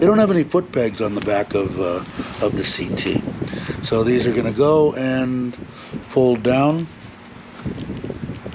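A new, heavy metal rear passenger foot peg for a 2023 Honda CT 125 is handled while someone talks about folding it down into its mounting bracket. Near the end there are faint sharp taps at about 8.1 and 8.5 seconds, but nothing has clicked into place yet.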